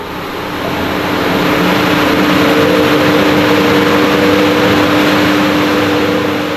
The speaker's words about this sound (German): Stille. Plötzlich beginnen die Ventilatoren der Kühlanlage zu toben.